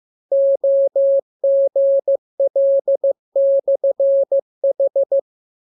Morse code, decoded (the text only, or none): OGL/H